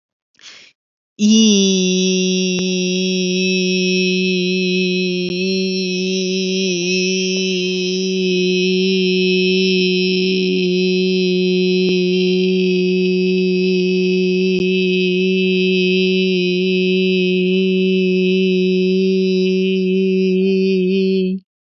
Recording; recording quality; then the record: sustained vowel as in beet; excellent, no background noise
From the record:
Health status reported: healthy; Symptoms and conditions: none ticked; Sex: female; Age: 38 years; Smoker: not ticked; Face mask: not worn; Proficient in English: yes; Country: India